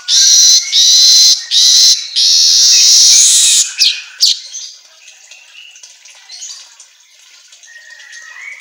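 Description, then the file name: Asian golden weaver song: several loud hissing, sizzling phrases with a thin whistle running through them, fading into soft chattering notes. Song made for training songbirds, labelled 'auto gacor'. "Suara Kicau Manyar Kepala Emas Auto Gacor"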